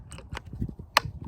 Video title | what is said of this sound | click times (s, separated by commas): How To: Kia Sorento Oil Change (2025 Model) | Oil filter just kind of snaps into place. | 1.0 s